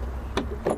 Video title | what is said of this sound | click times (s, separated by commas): Ideal world 6th December | so securely into place securely locked into place | 0.4 s